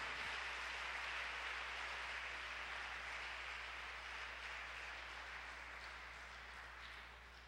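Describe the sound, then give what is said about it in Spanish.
A church audience claps for a teacher in a dense, steady wash of applause with no voices, holding its level for several seconds before slowly tapering off toward the end. “Denle un aplauso gigante al maestro”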